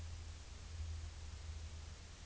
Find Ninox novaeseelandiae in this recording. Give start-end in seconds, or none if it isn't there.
none